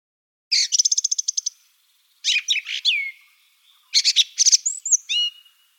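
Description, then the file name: Song thrush song: a fast rattling series of repeated notes, then rich varied whistles and a repeated high phrase. "Golosa ptic - Drozd pevchij"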